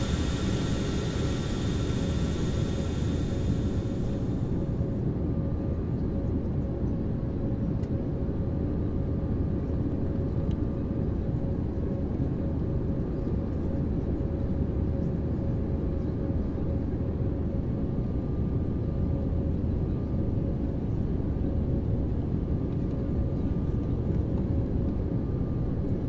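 A steady, dense airplane cabin drone: deep rumble underneath, with a few constant whining tones held above it. For the first five seconds a bright airy hiss rides on top, then drops away, leaving the low roar, and a faint click sounds near eight seconds.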